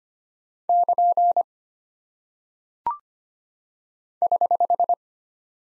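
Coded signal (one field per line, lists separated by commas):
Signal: Morse code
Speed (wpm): 25 wpm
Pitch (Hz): 700 Hz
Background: none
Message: <KN> <HH>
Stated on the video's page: Morse practice drill of punctuation and prosign characters at 25 wpm, each character sent, spoken, then sent again for head-copy.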